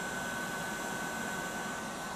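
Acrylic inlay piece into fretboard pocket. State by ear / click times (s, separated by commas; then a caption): not seated / none. A stubborn laser-cut acrylic inlay piece is being pressed into its pocket in a wooden fretboard. Only a steady, even broadband rushing noise with a faint high tone running through it is heard, with no sudden sounds. Nothing has seated or clicked yet.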